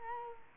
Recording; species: mosquito wingbeat signal from an infrared sensor; Culex quinquefasciatus